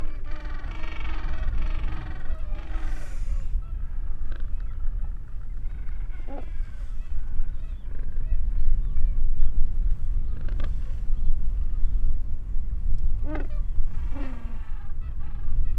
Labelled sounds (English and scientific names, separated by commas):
Gentoo Penguin (Pygoscelis papua) call